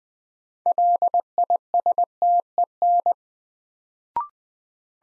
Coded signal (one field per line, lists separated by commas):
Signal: Morse code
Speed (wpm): 20 wpm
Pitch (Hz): 700 Hz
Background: none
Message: LISTEN